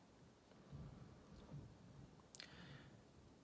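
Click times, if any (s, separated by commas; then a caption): 2.4 s. A microSD memory card, gold-plated teeth facing the front, is pushed with a fingernail into the card slot of a GoPro Hero 7 Black action camera. Faint ticks near 1.3 s come before a sharp, bright click at 2.4 s as the card seats in place.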